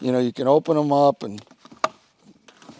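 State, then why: Seated. An insulated, thick aluminum camper trailer door with double locks is opened into its open-position lock while someone talks. After the talking stops, a sharp click at 1.8 seconds marks the door locking into place, and a few faint soft knocks follow.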